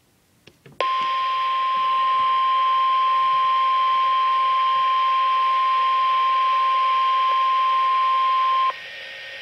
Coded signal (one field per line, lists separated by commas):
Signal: Emergency Alert System (SAME) tones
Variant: 1050 Hz attention tone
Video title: NOAA - 2 Winter Storm Watches (EAS #1,118-1,119)